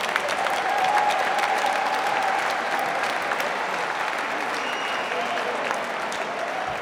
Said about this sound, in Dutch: Dat heeft de koffiegroep en de verzorging hebben dat allemaal gedaan. Geef ze een hartelijk applaus, zeg ik, voor die koffie en de verzorging.